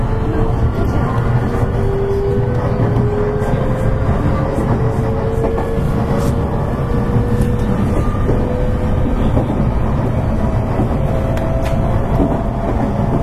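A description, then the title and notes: A JR West 223 series train runs steadily, its low rumble dense and unbroken throughout. A thin whining tone rises slowly in pitch over the clip, as if the train is gathering speed, with faint clicks and rattles scattered across it. JR西日本223系 JR神戸線快速 神戸から大阪まで. JR西日本223系電車の走行音です。 JR神戸線の快速列車で録音しました。 Running noise of JR West 223 series train.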